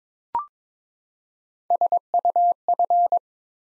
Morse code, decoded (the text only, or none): SUF